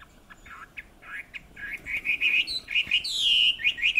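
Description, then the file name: Chinese hwamei singing, starting with soft scattered notes and building into loud, slurred whistled phrases with a high sweep near the end. "Garrulax canorus"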